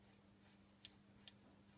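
A multi-turn trimmer potentiometer, R22 on a MIRAND Audio TSSA V1.7 amplifier circuit board, is turned counterclockwise with a small screwdriver until its end-of-travel slip clutch clicks. Two short, sharp clicks are heard at 0.9 s and 1.3 s over a faint steady hum, confirming the trimmer has reached its end stop.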